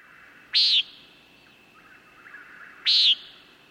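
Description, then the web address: Common Nighthawk giving two short, buzzy peent calls a little over two seconds apart, over a faint steady hum. "radio 2002-06-10 Common Nighthawk"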